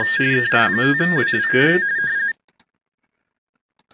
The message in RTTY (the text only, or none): KI5WWT